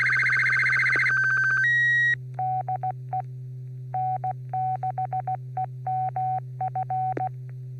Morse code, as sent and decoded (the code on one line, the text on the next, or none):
-.. . / -. -.... . -- ..-.
DE N6EMF